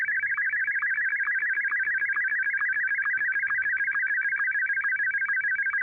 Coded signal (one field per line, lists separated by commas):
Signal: SSTV (slow-scan television)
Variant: Martin 1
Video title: Sending pictures in Roblox with amateur radio